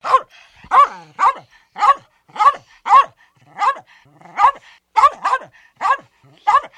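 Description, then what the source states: Dog barking sharply and repeatedly, about twelve harsh barks roughly every half second, with faint growly sounds between them. Small dog, described as mean.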